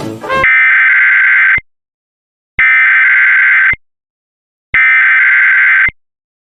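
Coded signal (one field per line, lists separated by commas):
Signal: Emergency Alert System (SAME) tones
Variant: header bursts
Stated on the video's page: Fictional EAS scenario themed on Majora's Mask.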